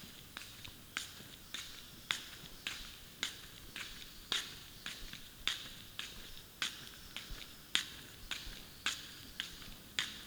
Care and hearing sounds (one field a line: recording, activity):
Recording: daily activity, guitar pickup as the sensor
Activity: walk